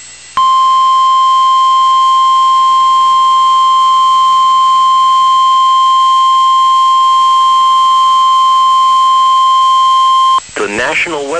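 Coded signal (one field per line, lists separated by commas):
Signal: Emergency Alert System (SAME) tones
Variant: 1050 Hz attention tone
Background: speech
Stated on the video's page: Real NOAA Weather Radio EAS alert for a tornado watch.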